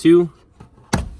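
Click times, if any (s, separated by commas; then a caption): 0.9 s. Someone talks at the start as the third stiff plastic retaining clip of the glove box liner in the dashboard of a Chevy Cobalt is pried back during cabin air filter removal. A faint knock comes at 0.6 s, then the clip releases with a loud, sharp click at 0.9 s and comes loose.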